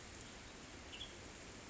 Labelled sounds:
Western Tanager
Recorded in Sonoma County, California

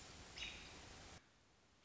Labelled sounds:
American Robin
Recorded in Sonoma County, California

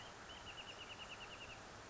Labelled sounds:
Wrentit
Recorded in Sonoma County, California

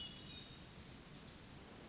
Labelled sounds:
Hermit Thrush
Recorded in Sonoma County, California

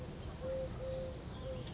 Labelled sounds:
Eurasian Collared Dove
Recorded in Sonoma County, California

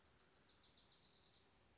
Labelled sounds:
Wilson's Warbler
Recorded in Sonoma County, California

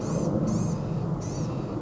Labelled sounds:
Blue-gray Gnatcatcher
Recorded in Sonoma County, California

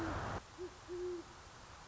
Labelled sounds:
Great Horned Owl
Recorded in Sonoma County, California

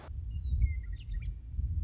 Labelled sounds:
Western Meadowlark
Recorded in Sonoma County, California

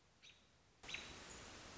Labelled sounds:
American Robin
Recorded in Sonoma County, California

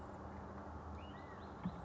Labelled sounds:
California Quail
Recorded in Sonoma County, California

